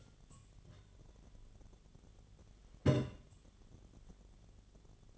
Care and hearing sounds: daily activity, microphone in the room; take from stove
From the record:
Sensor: 4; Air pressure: 1010.9 hPa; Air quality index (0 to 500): 166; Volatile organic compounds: 4 ppm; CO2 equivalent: 1696 ppm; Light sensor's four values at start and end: 40/115/46/48 and 41/117/47/48

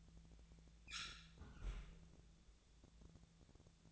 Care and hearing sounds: daily activity, microphone in the room; close fridge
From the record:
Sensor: 3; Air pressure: 1000.0 hPa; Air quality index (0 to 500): 130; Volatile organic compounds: 2 ppm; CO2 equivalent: 1160 ppm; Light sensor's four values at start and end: 42/107/46/50 and 43/108/46/50

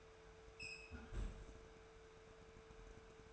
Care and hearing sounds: daily activity, microphone in the room; close fridge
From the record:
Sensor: 2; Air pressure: 1014.8 hPa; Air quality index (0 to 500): 193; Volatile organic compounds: 16 ppm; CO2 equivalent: 2549 ppm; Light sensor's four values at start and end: 9/22/9/9 and 9/22/9/9

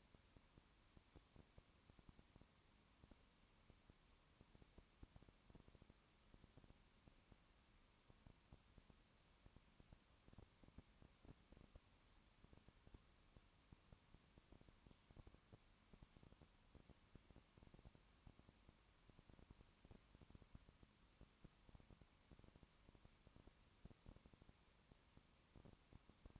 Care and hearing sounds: daily activity, microphone in the room; no activity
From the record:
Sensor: 1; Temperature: 19.2 degrees Celsius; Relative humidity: 37.8%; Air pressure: 1001.1 hPa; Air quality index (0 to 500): 197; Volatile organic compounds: 7 ppm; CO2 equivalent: 1993 ppm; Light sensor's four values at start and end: 1/2/1/1 and 1/2/1/1

